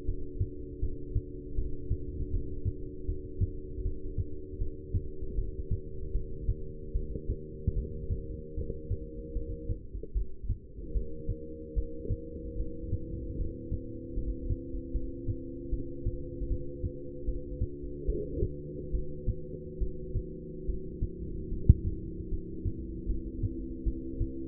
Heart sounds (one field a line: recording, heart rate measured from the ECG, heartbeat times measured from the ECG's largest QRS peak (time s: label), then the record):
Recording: heart sounds by stethoscope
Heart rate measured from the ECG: 76 bpm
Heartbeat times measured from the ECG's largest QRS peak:
0.06 s: heartbeat
0.81 s: heartbeat
1.56 s: heartbeat
2.31 s: heartbeat
3.07 s: heartbeat
3.83 s: heartbeat
4.59 s: heartbeat
5.36 s: heartbeat
6.13 s: heartbeat
6.93 s: heartbeat
7.75 s: heartbeat
8.56 s: heartbeat
9.34 s: heartbeat
10.14 s: heartbeat
10.93 s: heartbeat
11.75 s: heartbeat
12.57 s: heartbeat
13.37 s: heartbeat
14.15 s: heartbeat
14.93 s: heartbeat
15.70 s: heartbeat
16.48 s: heartbeat
17.26 s: heartbeat
18.07 s: heartbeat
18.92 s: heartbeat
19.79 s: heartbeat
20.66 s: heartbeat
21.50 s: heartbeat
22.30 s: heartbeat
23.07 s: heartbeat
23.85 s: heartbeat
From the record:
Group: heart failure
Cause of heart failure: non-ischemic cardiomyopathy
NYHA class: 1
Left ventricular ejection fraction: 62%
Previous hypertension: present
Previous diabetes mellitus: present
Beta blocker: bisoprolol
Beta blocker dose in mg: 10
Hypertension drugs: sacubitril-valsartan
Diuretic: furosemide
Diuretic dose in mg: 20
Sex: male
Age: 49 years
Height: 167 cm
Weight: 110 kg